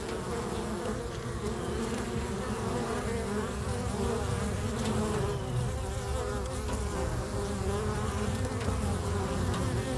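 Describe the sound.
Bees droning steadily, a heavy layered hum with a strong low rumble underneath, unbroken for the whole stretch.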